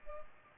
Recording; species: mosquito wingbeat signal from an infrared sensor; Culex pipiens